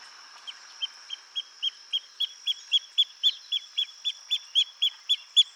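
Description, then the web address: Pearl kite giving a rapid string of short piercing notes, roughly four each second and growing louder, over a continuous high-pitched hum. "Pearl kite. صدای-پرنده-کورکور-مرواریدی"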